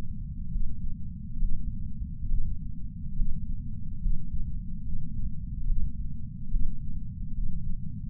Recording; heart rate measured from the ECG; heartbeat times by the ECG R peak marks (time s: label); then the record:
heart sounds by patch sensor on the chest; 70 bpm
0.50 s: heartbeat
1.38 s: heartbeat
2.27 s: heartbeat
3.15 s: heartbeat
4.00 s: heartbeat
4.83 s: heartbeat
5.65 s: heartbeat
6.49 s: heartbeat
7.33 s: heartbeat
From the record:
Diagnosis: coronary artery disease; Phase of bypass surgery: preoperative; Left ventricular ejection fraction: 61.7%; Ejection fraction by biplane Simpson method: 55%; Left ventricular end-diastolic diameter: 51 mm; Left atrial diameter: 36 mm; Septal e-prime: 7.9 cm/s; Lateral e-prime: 10.3 cm/s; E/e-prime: 9.8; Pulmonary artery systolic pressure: 23 mmHg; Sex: male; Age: 58 years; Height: 160 cm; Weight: 70 kg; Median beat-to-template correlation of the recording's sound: 0.83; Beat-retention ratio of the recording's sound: 0.99